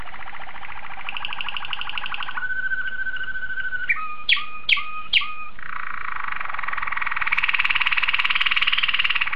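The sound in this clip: Domestic canary song mixing a rapid trill, a held two-pitch whistle, three crisp clipped notes, then a bright rolling buzzy trill.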